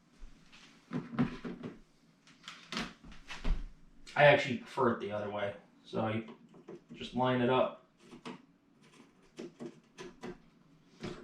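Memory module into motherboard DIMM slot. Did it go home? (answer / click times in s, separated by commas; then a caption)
no / none. Someone talks while lining up an RGB RAM stick over a DIMM slot on a Z490 motherboard, getting it in position before pushing it down one side and then the other. Short, faint taps and handling noises sound between the words. The stick has not seated or clicked yet.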